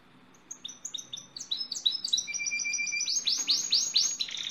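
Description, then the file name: Canary song of quick descending whistled notes, speeding into a fast trill with a steady held tone, ending in loud rolling sweeps. "canto do canario lizard"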